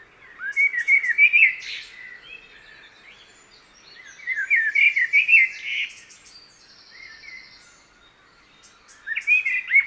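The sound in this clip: Common blackbird song in three bursts: melodious low warbles with thin, high chittering, separated by a few seconds of quiet.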